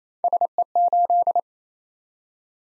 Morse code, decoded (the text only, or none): SE8